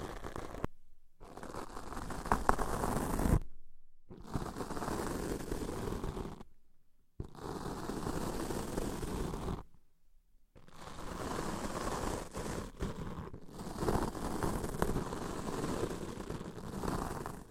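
Deep ear cleaning sounds come as dense, low rumbling and scratchy rubbing in bursts of about two to three seconds. Each burst is separated by sharp, complete silences near 1, 3.5, 6.5, 9.5 and 13 seconds, with the loudness fairly even within each bout.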